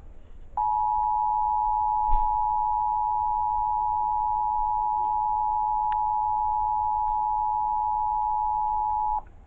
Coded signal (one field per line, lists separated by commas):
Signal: Emergency Alert System (SAME) tones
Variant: 853 and 960 Hz attention tone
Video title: Indiana eas test fail on WBND